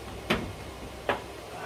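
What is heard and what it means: Under a Jeep Compass during a transmission bearing noise job, a part, possibly a socket or fastener, is pushed up into its seat. Two sharp knocks ring out at 0.3 s and 1.1 s against a low background hum. The part is still not fully seated.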